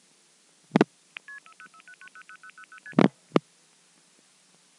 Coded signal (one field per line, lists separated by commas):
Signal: multi-frequency trunk signalling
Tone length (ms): 70 ms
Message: 0 00000ST